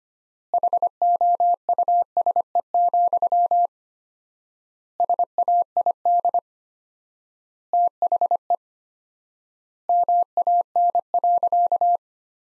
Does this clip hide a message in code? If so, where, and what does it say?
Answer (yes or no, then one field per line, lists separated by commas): yes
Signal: Morse code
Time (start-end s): 0.5-12.0 s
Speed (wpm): 25 wpm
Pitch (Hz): 700 Hz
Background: none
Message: HOUSE, SAID THE MAN.